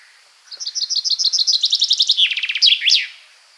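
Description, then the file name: Common chaffinch song: one complete phrase of rapid chipping notes that drop in pitch, finishing with a sharp two-part flourish. "Fringilla coelebs"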